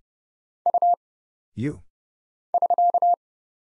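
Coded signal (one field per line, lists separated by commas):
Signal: Morse code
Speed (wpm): 30 wpm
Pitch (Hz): 700 Hz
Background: none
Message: U <SK>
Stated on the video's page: Morse practice drill at 30wpm: single letters, numbers, punctuation and prosigns for instant character recognition, each sent, spoken, then sent again.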